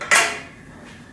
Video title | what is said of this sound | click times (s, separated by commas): Parting Out Specialized Allez Bike With Damaged Frame | pull it up so it clicks into place, like that. | 0.0 s